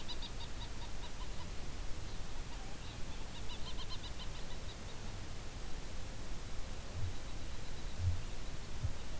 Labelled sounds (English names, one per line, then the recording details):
Kākāpō boom
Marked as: faintness 5/5
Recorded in New Zealand
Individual Ben